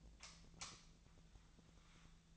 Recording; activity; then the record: daily activity, microphone in the room; light off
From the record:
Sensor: 3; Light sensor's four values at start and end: 43/113/48/49 and 36/90/39/41